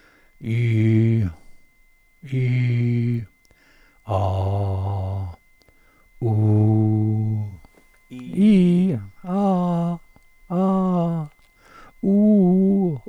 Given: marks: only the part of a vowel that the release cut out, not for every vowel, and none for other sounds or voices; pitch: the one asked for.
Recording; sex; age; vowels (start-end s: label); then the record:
sustained vowels; male; 70 to 79 years
0.58-1.18 s: vowel /i/, low pitch
4.23-5.13 s: vowel /a/, low pitch
6.38-7.25 s: vowel /u/, low pitch
8.40-8.91 s: vowel /i/, low-high-low pitch
9.32-9.89 s: vowel /a/, low-high-low pitch
12.10-12.82 s: vowel /u/, low-high-low pitch
From the record:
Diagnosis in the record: contact pachydermia, monochorditis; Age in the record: 70 years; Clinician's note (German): Akute Pachydermie li, Monochorditis li